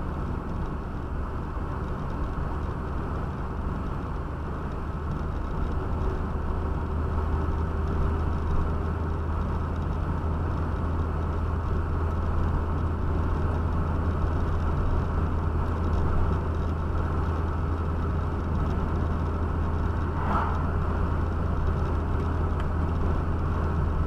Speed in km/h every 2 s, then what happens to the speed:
56, 57, 58, 60, 62, 62, 62, 62, 62, 62, 62, 62.
0-7 speeds up to 62. 7-24 steady at about 62.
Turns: none.